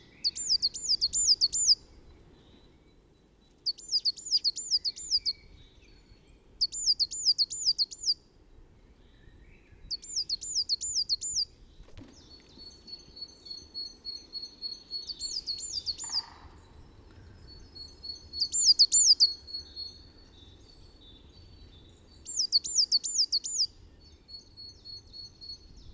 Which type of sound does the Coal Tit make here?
song